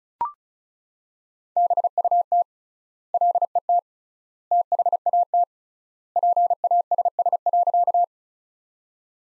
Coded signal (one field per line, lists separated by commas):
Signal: Morse code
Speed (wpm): 35 wpm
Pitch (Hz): 700 Hz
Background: none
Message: BUT LET THAT PASS.